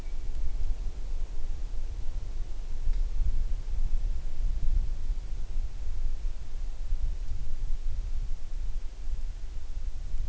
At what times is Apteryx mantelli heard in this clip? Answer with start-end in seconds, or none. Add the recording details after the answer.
none. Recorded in New Zealand on 9 June 2014. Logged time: 02:19